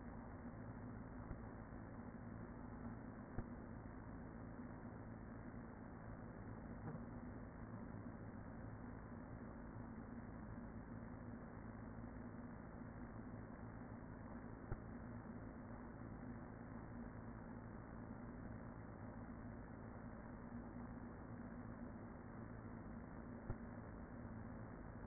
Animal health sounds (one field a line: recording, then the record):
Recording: honeybee colony, microphone inside the hive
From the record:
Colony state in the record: queen present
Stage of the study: after two queens were removed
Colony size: about 40,000 bees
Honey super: no